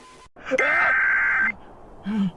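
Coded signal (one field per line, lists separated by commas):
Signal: Emergency Alert System (SAME) tones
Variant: header bursts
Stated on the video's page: A fictional EAS scenario, reviewed rather than a real alert.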